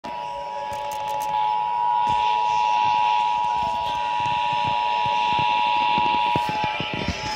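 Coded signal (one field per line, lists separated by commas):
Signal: Emergency Alert System (SAME) tones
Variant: 853 and 960 Hz attention tone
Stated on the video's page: Ohio Required Monthly Test, a real EAS test.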